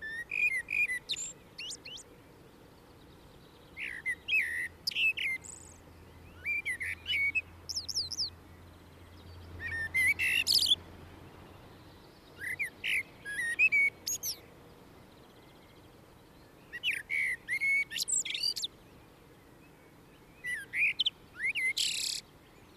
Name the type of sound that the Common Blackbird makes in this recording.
song